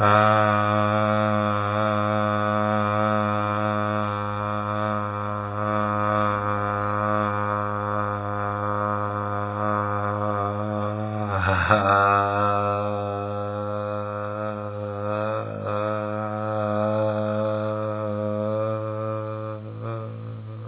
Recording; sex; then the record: sustained vowel /a/; male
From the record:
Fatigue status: no fatigue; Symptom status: symptomatic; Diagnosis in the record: COVID-19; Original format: 3gp